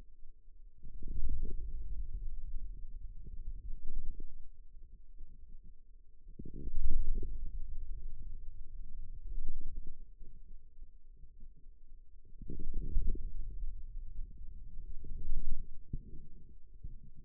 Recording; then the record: forearm muscle sounds (acoustic myography)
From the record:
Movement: wrist extension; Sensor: system 2, bracelet of six BSWA MPA416 microphones around the upper forearm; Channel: 2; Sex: male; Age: 22 years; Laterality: right